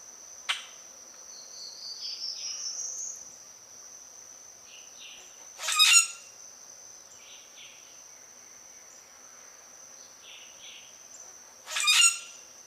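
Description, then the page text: Common grackle giving a sharp chack, a thin rising whistle, then two harsh screechy bursts about six seconds apart, with a continuous high insect drone behind. "Обыкновенный гракл - Common Grackle (Quiscalus quiscula)"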